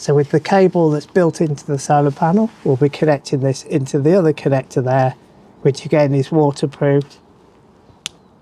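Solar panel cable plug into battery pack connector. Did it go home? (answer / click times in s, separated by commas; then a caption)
yes / 8.1 s. Someone talks while connecting the cable built into a solar panel to the waterproof connector on a Reolink RLA-BP1 battery pack. After a quiet pause, the plug clicks in with a single sharp click at 8.1 s, seating it in the connector.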